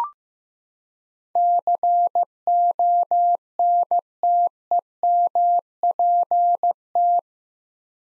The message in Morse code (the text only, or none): CONTEMPT